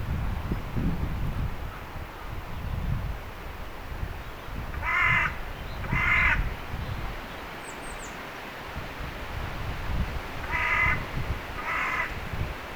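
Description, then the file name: Carrion crow uttering rasping caws in two pairs, separated by a pause of several seconds, over steady low-pitched background noise and a faint high chirp. "Corvus corone"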